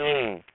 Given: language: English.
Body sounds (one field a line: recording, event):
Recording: throat vibration sensor signal played as sound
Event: speech